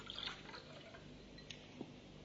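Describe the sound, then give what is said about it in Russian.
A drink trickles and drips into a wine glass, with a few bright clinks and splashes over a low steady background hiss. “Ну, тогда нам необходимо выпить. Так, это, по-моему, твой бокал, а это мой.”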